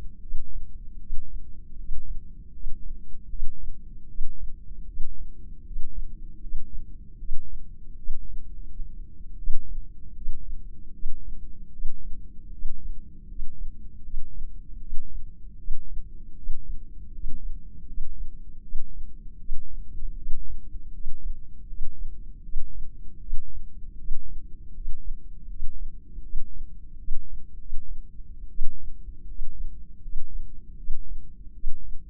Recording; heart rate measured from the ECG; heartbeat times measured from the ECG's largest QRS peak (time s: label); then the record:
heart sounds by microphone in the right ear; 79 bpm
0.19 s: heartbeat
0.96 s: heartbeat
1.75 s: heartbeat
2.50 s: heartbeat
3.27 s: heartbeat
4.05 s: heartbeat
4.84 s: heartbeat
5.62 s: heartbeat
6.38 s: heartbeat
7.16 s: heartbeat
7.94 s: heartbeat
8.45 s: heartbeat
9.36 s: heartbeat
10.13 s: heartbeat
10.91 s: heartbeat
11.69 s: heartbeat
12.48 s: heartbeat
13.25 s: heartbeat
14.00 s: heartbeat
14.77 s: heartbeat
15.54 s: heartbeat
16.33 s: heartbeat
17.10 s: heartbeat
17.84 s: heartbeat
18.60 s: heartbeat
19.36 s: heartbeat
20.13 s: heartbeat
20.90 s: heartbeat
21.65 s: heartbeat
22.41 s: heartbeat
23.17 s: heartbeat
23.94 s: heartbeat
24.71 s: heartbeat
25.46 s: heartbeat
26.20 s: heartbeat
26.96 s: heartbeat
27.55 s: heartbeat
28.47 s: heartbeat
29.25 s: heartbeat
29.99 s: heartbeat
30.75 s: heartbeat
31.51 s: heartbeat
32.08 s: heartbeat
From the record:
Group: heart failure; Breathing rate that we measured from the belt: 15 breaths a minute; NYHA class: 1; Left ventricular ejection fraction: 39%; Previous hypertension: present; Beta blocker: carvedilol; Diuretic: furosemide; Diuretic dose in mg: 20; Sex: male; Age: 60 years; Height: 178 cm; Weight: 62 kg